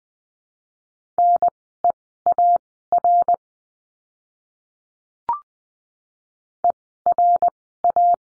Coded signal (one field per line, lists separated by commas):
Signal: Morse code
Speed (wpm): 20 wpm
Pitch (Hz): 700 Hz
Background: none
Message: NEAR ERA